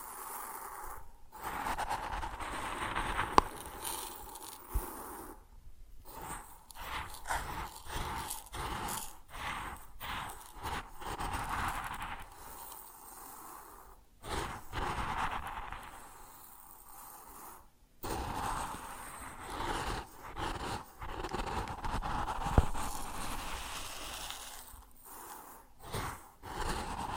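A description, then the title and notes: Grain pours and shifts in rough, gritty bursts, a dense hiss of tiny particles broken by brief silent gaps around 1, 6, 14 and 18 seconds. A steady brighter band runs through the rustle, with a couple of sharp clicks near 3 and 23 seconds. ASMR Grain Sounds (No Talking).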